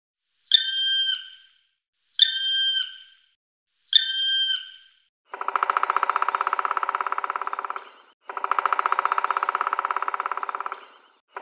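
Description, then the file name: Black woodpecker giving three drawn-out, plaintive calls about two seconds apart, followed by two long drum rolls, each lasting roughly two and a half seconds. "schwarzspecht"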